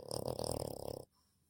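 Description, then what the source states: French bulldog snoring: one raspy, rumbling breath lasting about a second, then near silence. Female French bulldog asleep beside a laptop, snoring.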